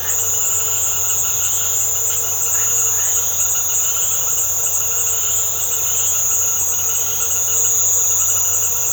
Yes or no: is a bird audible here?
no